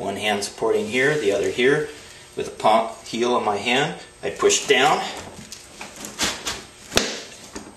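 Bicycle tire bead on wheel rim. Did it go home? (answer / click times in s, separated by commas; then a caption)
released / 7.0 s. Someone talks while pushing down with the heel of one hand on the sidewall of a bicycle tire with a tube inside, the other hand supporting the wheel. After a few faint taps, a sharp pop at 7.0 s marks the tire bead breaking loose from the rim seat.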